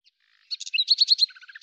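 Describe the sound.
Bird song: a short burst of quick high chirps and twitters, with a few lower notes near the end.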